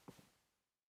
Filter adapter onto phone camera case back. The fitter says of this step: slots onto the back, locks into place,